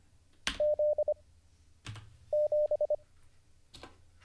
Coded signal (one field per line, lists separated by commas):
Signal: Morse code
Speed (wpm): 25 wpm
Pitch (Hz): 600 Hz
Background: none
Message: Z7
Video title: How to Learn Morse Code (Day 38) [Livestream]